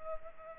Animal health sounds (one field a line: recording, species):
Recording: mosquito wingbeat signal from an infrared sensor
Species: Culex pipiens